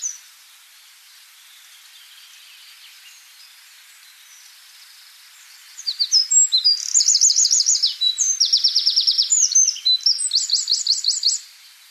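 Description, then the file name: Eurasian wren: quiet for several seconds, then a Eurasian wren bursts into a loud, rapid song of shrill notes and rattling trills lasting about five seconds. "Troglodytes troglodytes"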